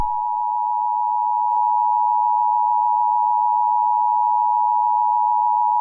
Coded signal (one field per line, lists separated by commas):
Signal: Emergency Alert System (SAME) tones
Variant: 853 and 960 Hz attention tone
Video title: EAS - Gasgate (2012)